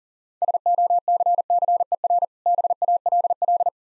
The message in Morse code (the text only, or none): SOCCER BALL